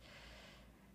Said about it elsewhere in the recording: Sorry if you can hear snoring. She is a sleepy American bulldog. You can probably hear her in the background.